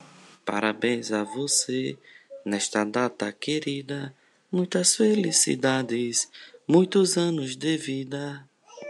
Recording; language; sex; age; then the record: short text; Brazilian Portuguese; male; 40 to 49 years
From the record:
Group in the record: control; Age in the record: 42 years